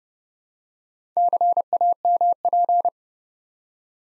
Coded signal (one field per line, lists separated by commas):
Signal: Morse code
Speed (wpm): 30 wpm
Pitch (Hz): 700 Hz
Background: none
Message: CAMP